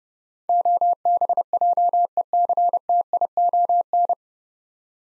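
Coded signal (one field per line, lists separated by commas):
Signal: Morse code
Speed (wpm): 30 wpm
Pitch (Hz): 700 Hz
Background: none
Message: OBJECTION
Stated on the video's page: Morse head-copy drill of 9-letter words at 30 wpm; first three letters spoken, then word sent, spoken, and sent again.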